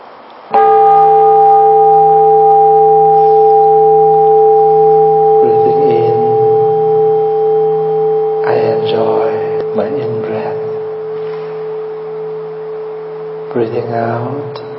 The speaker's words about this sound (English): Enjoy each of your breath in and out, along with the three sounds of the bell.